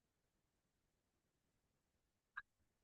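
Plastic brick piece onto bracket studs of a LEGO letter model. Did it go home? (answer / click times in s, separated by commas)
yes / 2.4 s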